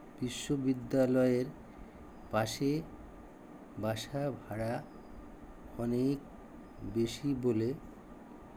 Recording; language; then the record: elicited speech; Bengali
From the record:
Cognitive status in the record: dementia